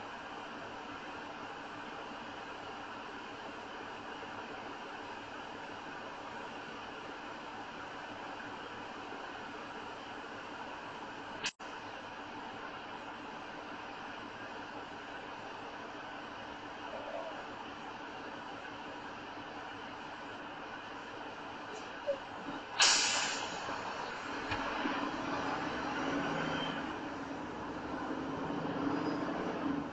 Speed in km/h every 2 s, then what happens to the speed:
0, 0, 0, 0, 0, 0, 0, 0, 0, 0, 0, 3, 10, 15, 18.
0-21 standing. 21-30 pulls away to 18.